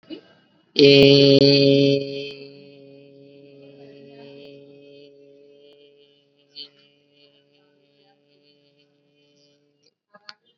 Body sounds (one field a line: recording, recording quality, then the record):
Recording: sustained vowel as in made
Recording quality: excellent, no background noise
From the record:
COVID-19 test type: RT-PCR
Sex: male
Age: 21 years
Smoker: no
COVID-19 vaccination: both doses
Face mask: worn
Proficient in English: yes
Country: India